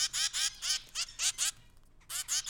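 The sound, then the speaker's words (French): Zebra finch chicks at the nest give a rapid series of raspy, high-pitched begging calls for food after a parent returns, in loud repeated bursts, about eight in quick rhythm with a short pause before the last ones. “Là, en fait, c'est que le parent est revenu au nid, et donc ça a déclenché des comportements, des cris de quémande pour obtenir de la nourriture.”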